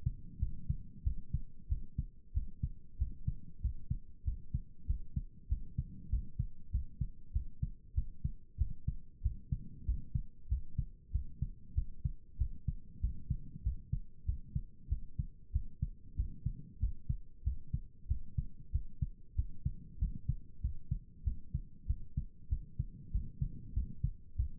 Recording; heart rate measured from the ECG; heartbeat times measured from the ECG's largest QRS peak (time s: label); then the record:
heart sounds by stethoscope; 95 bpm
0.39 s: heartbeat
1.03 s: heartbeat
1.68 s: heartbeat
2.33 s: heartbeat
2.97 s: heartbeat
3.61 s: heartbeat
4.24 s: heartbeat
4.86 s: heartbeat
5.48 s: heartbeat
6.09 s: heartbeat
6.71 s: heartbeat
7.32 s: heartbeat
7.94 s: heartbeat
8.57 s: heartbeat
9.22 s: heartbeat
9.85 s: heartbeat
10.48 s: heartbeat
11.11 s: heartbeat
11.74 s: heartbeat
12.37 s: heartbeat
13.00 s: heartbeat
13.62 s: heartbeat
14.25 s: heartbeat
14.88 s: heartbeat
15.52 s: heartbeat
16.15 s: heartbeat
16.79 s: heartbeat
17.43 s: heartbeat
18.07 s: heartbeat
18.71 s: heartbeat
19.35 s: heartbeat
19.98 s: heartbeat
20.61 s: heartbeat
21.23 s: heartbeat
21.86 s: heartbeat
22.48 s: heartbeat
23.11 s: heartbeat
23.73 s: heartbeat
24.35 s: heartbeat
From the record:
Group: healthy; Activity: rest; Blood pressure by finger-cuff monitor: 95/65 mmHg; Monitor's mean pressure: 74 mmHg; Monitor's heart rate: 95 bpm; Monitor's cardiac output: 7.6 L/min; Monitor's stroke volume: 79 mL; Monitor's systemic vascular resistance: 710 dyn s/cm5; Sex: male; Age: 19 years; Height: 178 cm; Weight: 83 kg